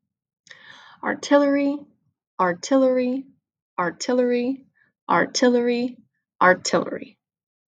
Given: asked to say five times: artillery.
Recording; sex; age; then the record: repeated word; female; 20 to 29 years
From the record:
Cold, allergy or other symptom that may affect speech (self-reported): no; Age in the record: 29 years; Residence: Pennsylvania, United States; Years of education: 16